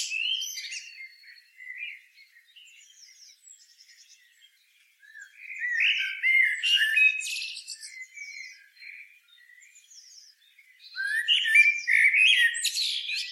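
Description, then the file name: Eurasian blackbird song, soft at first, then two loud phrases of low warbling notes rising into shrill, chattering twitters, separated by a quiet spell. "Turdus merula"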